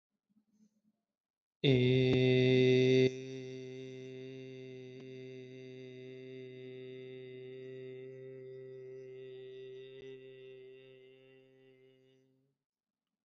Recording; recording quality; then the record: sustained vowel as in made; excellent, no background noise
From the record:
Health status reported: healthy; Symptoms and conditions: none ticked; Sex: male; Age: 29 years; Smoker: not ticked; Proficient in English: yes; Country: India